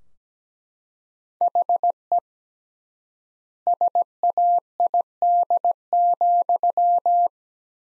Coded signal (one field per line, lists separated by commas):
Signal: Morse code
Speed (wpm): 17 wpm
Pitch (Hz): 700 Hz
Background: none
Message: HE SAID,